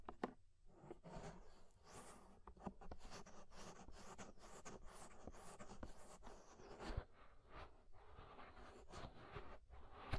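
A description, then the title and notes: Inner and outer ear scraping: a dense run of rough, crackling scrapes and rubs, one overlapping the next with no real pauses. Short bright strokes flick in every second or so over a low, muffled rumble, with a sharper scrape near seven seconds. Inner and Outer Ear Scraping (No Talking).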